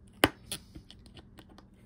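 A screwdriver snaps a partly inserted small part down into the body of an Olympic Spark VO 1800 spinning reel during service and lubrication. A sharp, loud hit sounds at 0.2 s, followed by a few faint light ticks. The part is seated fully home, all the way in all the way around.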